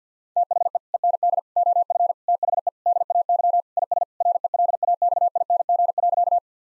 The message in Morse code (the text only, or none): THE END OF THE DAY IS RELAXING.